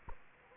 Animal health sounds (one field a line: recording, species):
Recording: mosquito wingbeat signal from an infrared sensor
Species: Culex quinquefasciatus